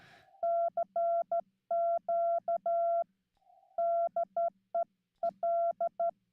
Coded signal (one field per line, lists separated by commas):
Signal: Morse code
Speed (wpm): 13 wpm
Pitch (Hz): 680 Hz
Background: none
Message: CQ DE L